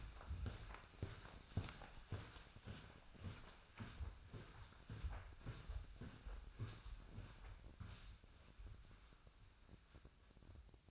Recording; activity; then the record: daily activity, microphone in the room; walk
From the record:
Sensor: 2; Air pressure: 1009.2 hPa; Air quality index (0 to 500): 177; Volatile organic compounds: 2 ppm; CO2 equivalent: 1295 ppm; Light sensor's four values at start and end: 46/121/51/57 and 45/117/50/55